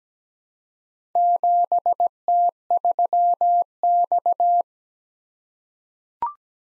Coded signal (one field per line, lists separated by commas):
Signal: Morse code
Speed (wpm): 17 wpm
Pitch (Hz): 700 Hz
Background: none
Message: 7T3X